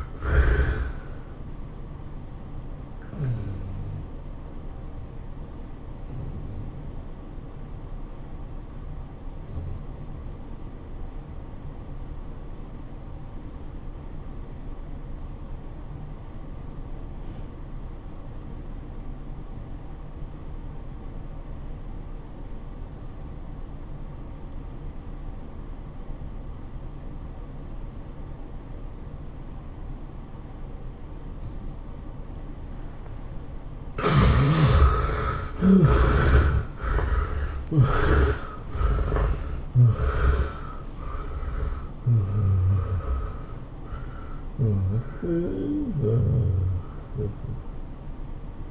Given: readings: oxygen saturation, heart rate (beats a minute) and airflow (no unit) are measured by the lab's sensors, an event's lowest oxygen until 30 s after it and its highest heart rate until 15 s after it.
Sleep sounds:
breathing in sleep by a smartphone at the bedside; 1
12.00-34.30 s: obstructive apnea (REM, oxygen 95% highest, then 67% lowest, heart rate 101 at the start, 112 highest)
From the record:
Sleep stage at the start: REM sleep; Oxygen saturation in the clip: 70 to 95%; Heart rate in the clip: 77 to 112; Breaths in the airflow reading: 6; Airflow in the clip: -13.5 to 11.9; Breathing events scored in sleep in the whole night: 403 in 5.5 hours asleep

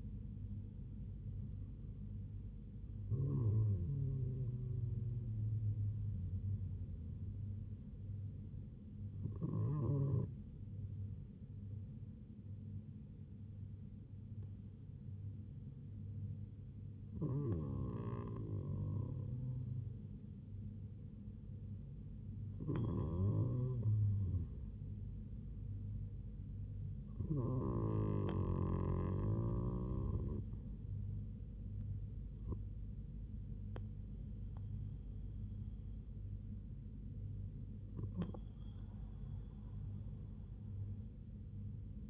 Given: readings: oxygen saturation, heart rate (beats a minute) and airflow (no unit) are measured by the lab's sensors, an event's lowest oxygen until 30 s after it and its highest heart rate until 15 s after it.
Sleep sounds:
breathing in sleep by a smartphone at the bedside; none
none scored
From the record:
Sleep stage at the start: REM sleep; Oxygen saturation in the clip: 97 to 98%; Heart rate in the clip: 71 to 87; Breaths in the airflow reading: 7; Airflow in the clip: -3.1 to 3.8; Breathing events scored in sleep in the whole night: 158 in 7.3 hours asleep

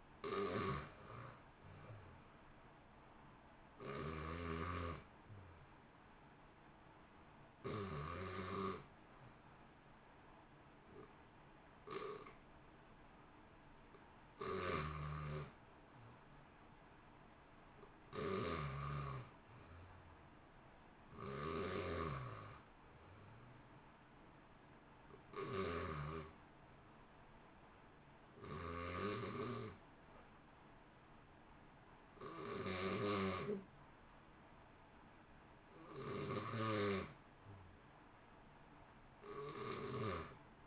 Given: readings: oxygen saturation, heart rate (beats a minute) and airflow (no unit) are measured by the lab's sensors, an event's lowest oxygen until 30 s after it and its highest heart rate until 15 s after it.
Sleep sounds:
breathing in sleep by a voice recorder at the bedside; 1
17.00-34.80 s: hypopnea (REM, oxygen 94% highest, then 91% lowest, heart rate 61 at the start, 64 highest)
From the record:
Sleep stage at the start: REM sleep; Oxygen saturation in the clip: 75 to 94%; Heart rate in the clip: 59 to 72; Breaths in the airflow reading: 12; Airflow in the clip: -1.2 to 1.1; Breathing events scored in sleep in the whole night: 328 in 6.3 hours asleep

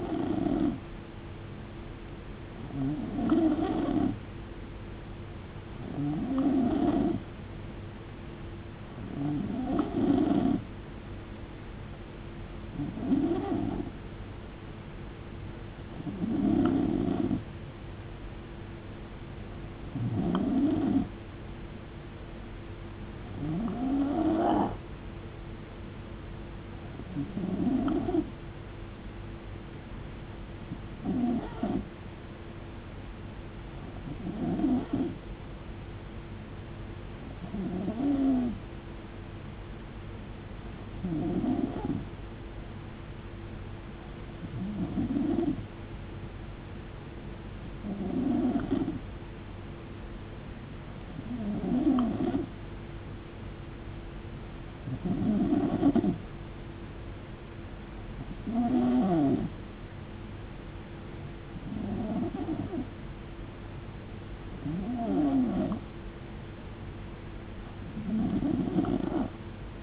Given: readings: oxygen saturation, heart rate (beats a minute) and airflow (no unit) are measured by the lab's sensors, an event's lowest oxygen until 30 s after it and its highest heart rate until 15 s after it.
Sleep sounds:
breathing in sleep by a voice recorder at the bedside; none
none scored
From the record:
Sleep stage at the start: N2 (light sleep); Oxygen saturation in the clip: 89 to 91%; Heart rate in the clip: 63 to 75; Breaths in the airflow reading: 20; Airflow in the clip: -8.4 to 7.3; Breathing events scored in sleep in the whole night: 389 in 6.3 hours asleep

